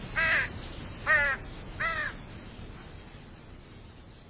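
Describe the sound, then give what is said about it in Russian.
Three harsh, raspy caws from a flock of crows circling high overhead ring out in a steady rhythm, each about half a second long, then fade away, leaving a low, hissing background. “Высоко, над их головами, с карканьем накручивала круги воронья стая.”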